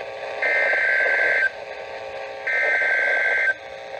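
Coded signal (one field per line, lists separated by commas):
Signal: Emergency Alert System (SAME) tones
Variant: header bursts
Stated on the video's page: NOAA Weather Radio alerts received on a WR120 receiver while DXing multiple stations, some via an Internet stream.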